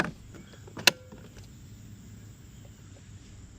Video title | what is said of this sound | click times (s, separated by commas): Lowes EGO 600 Series Battery Powered Mower Review - Can It Mow Hills & Tall Grass on ONE Battery? | To remove the battery, you just press the green release button and it pops right out. | 0.9 s